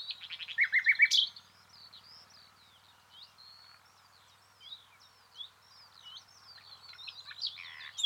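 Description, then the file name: Common nightingale song: a loud burst of rapid repeated notes and a sharp rising note, followed by a quieter string of thin, varied high whistles. "Luscinia megarhynchos"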